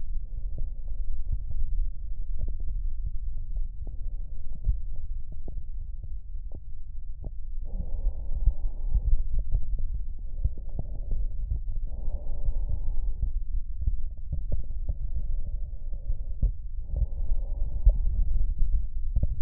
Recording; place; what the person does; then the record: lung sounds by stethoscope; right posterior basal chest; quiet breathing, then deep breathing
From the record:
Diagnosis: interstitial lung disease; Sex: male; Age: 66 years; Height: 164 cm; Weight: 76.2 kg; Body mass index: 28.3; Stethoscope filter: extended mode